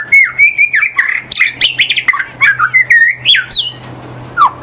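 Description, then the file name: White-rumped shama giving a continuous loud, varied warbling of slurred whistles and harsh chattering notes, with a low steady hum underneath. In the forest. "murai batu di hutan"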